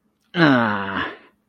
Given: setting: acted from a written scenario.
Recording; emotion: vocal sound without words; disgust